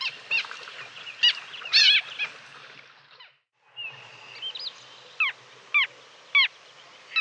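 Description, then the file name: Little gull calls, dense overlapping nasal notes that stop briefly, then resume as a flat tone and spaced, sharply falling single calls. "dvargmas"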